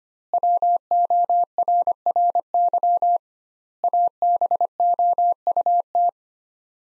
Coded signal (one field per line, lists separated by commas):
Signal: Morse code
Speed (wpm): 25 wpm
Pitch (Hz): 700 Hz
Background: none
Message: WORRY ABOUT